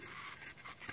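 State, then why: Not seated. A plastic construction piece that was clipped in badly is handled against a boat model during a boat build, to be pushed back so that it goes through. Soft, broadband scraping and rustling fills the clip, with a brief louder handling noise near the end. Nothing has seated or clicked yet.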